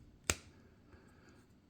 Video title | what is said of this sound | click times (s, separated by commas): Mic Adapter Shoot OUT!! Insta360 Ace Pro vs DJI Osmo Action 4!! | clicks on the top and the bottom but | 0.3 s